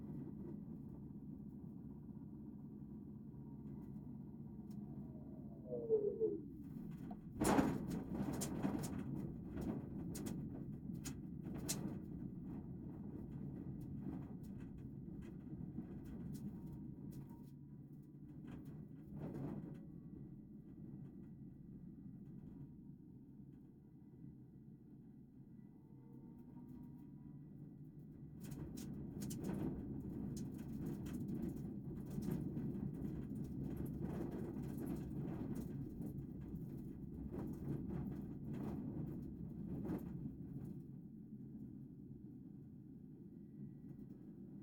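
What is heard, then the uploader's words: Riding inside a trolleybus, a steady low hum and rumble fills the cabin throughout. Sharp clicks and rattles break in around seven seconds and again near 28 to 40 seconds, when the ride grows louder and rougher, with a brief rising whine near six seconds. You took a ride by trolleybus (electric bus) to work.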